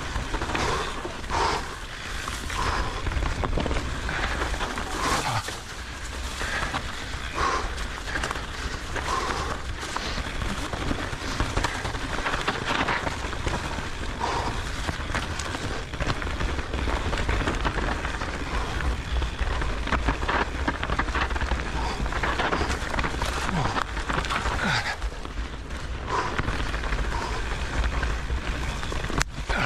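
Mountain biking over frosty trail ground: a steady, dense crunching and crackling from the tyres, with a low rumble and frequent sharper clicks throughout.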